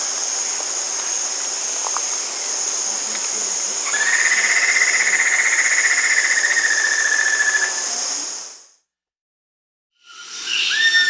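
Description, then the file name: White-necked puffbird giving a long, level, rapidly pulsed trill lasting about four seconds, over a constant high insect drone; a brief silence follows, then other sounds begin. Brazil and Peru, in the Amazon. "White-necked Puffbird (Notharchus macrorhynchos), Brazil, Peru"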